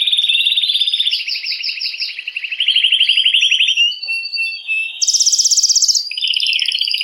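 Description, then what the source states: Canary song of fast rolling trills stepping between pitches, a short quieter phrase, then a piercing very high trill and a lower buzzy roll. Belgian mosaic canary.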